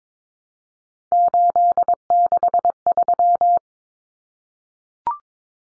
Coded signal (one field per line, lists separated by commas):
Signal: Morse code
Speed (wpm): 22 wpm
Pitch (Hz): 700 Hz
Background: none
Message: 863